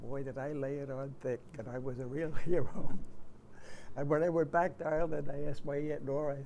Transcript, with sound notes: Boy, did I lay it on thick, and I was a real hero. [chuckles] And when I went back to Ireland, I asked my Aunt Nora.